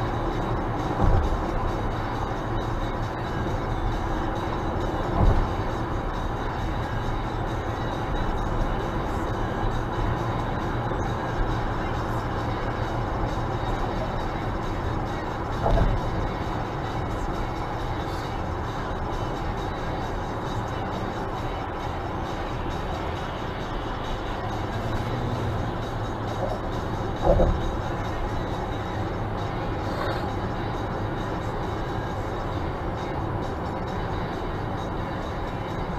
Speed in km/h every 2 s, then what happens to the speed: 98, 98, 98, 98, 98, 98, 98, 98, 98, 89, 86, 83, 84, 85, 85, 85, 85, 82.
0-17 steady at about 98. 17-21 brakes to 83. 21-33 steady at about 85.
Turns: none.